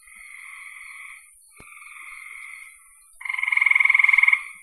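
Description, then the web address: Frog calls: two soft, even buzzing notes followed by a loud, fast pulsed trill of about a second. "cn frogs"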